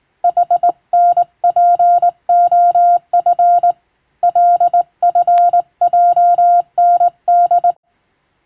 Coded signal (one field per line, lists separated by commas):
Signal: Morse code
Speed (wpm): 20 wpm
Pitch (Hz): 700 Hz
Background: none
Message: HNPOF LFJND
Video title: 懐かしいモールス通信、昭和はラジオでよく聞こえました。船と陸との唯一の通信手段、大変貴重で重要な無線通信でした。アマチュア無線、ハムの受信トレーニングにどうぞ morse code practice